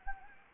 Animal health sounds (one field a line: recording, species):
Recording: mosquito wingbeat signal from an infrared sensor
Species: Anopheles gambiae